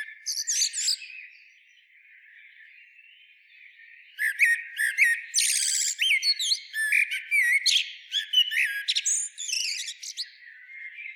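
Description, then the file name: Common Blackbird giving a series of varied chattering and whistled notes, briefly at first, then quicker and denser after a short pause. "Turdus merula"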